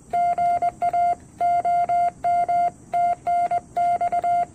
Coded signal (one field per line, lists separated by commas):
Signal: Morse code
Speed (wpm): 20 wpm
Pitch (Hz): 2100 Hz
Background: none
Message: GA OM TNX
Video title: QRPGUY V2Keyer or 2m Twin-DL TEST